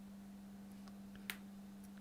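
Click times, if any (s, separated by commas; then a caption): 1.3 s. During an iPad 9th gen digitizer repair, a small part is forced into a tight spot after a long struggle and seats with a single sharp click at 1.3 s. A fainter tick comes at 0.9 s over a steady low hum, and the part is confirmed seated.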